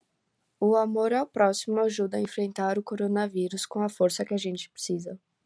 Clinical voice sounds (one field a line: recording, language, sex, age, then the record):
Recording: spoken sentence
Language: Brazilian Portuguese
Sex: female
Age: 18 to 19 years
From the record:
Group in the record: control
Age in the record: 19 years